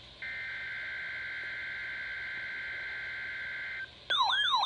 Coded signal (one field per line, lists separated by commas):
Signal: Emergency Alert System (SAME) tones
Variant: header bursts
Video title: EAS alerts from 10/31/30 - 11/4/20 EAS#343-353